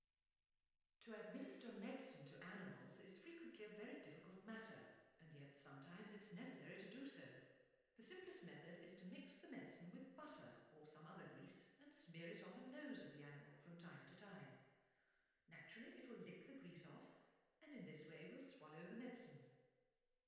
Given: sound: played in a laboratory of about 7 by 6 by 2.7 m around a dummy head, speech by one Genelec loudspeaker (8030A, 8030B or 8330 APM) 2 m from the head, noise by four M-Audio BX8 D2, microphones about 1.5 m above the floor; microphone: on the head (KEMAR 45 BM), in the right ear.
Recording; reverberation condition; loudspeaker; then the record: female speech in English; high; behind (180 degrees)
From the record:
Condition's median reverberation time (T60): about 1300 ms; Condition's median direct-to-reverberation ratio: about -4.0 dB